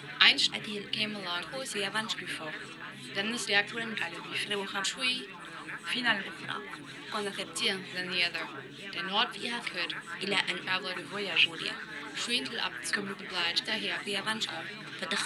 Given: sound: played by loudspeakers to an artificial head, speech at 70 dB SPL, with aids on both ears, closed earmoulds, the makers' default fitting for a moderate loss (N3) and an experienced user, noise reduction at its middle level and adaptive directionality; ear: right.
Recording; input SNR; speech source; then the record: speech test signal (ISTS) in cocktail-party noise; 0 dB; on the right (90 degrees)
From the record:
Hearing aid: class 1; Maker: E